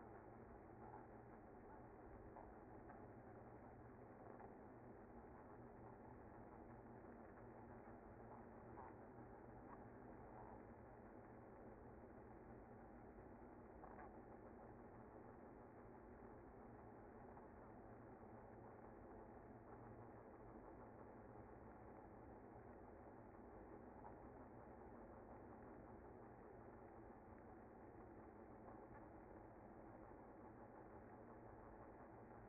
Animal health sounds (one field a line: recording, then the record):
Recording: honeybee colony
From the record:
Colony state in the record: active